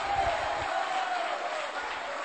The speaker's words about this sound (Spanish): Le palmas al Rey de Reyes. Denle palmas y alabanzas al Rey.